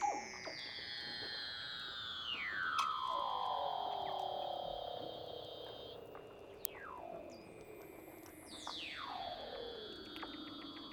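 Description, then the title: Weddell seal underwater calls: long swooping whistles glide steeply downward, layered with sustained ringing tones and scattered short chirps. "Douglas Quin - Weddell Seals (Underwater)"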